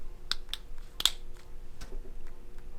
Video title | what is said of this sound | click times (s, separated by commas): How to deep clean your Bald Buddy if it’s clogged up | And then you're going to take these outside shaving heads, and you're just going to push them down until you hear a pop. | 0.3 s, 0.5 s, 1.0 s